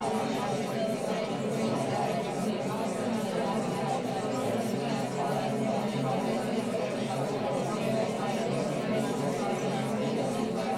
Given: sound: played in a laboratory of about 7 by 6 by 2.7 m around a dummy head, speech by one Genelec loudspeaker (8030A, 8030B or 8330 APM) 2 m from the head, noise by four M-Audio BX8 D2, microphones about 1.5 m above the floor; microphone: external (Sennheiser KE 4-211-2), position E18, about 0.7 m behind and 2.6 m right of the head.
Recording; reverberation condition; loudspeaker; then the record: babble noise; low; four, about 170 cm from the corners of the room and facing them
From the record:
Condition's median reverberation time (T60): about 310 ms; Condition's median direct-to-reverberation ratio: about 3.5 dB